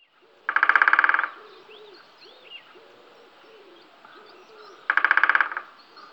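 Great spotted woodpecker drumming, two short rapid bursts of knocks fading away, about four seconds apart, with soft whistled songs of other birds in the background.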